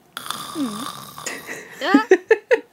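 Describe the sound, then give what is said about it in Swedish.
A voice imitates snoring: a raspy rattling drawn breath and a low wavering groan, then a rising snort that breaks into a quick run of short, loud rhythmic grunting snorts. “Jag trodde vi skulle hinna igenom hela avsnittet innan du började snarka.”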